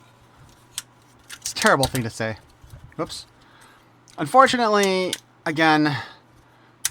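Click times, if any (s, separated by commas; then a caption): 6.9 s. Someone talks while working the knee lock joint on the plastic leg of a Transformers Age of the Primes Superion combiner robot toy. A single sharp plastic click comes at 6.9 s, but the knee only partly locks because the part does not slide all the way down into place.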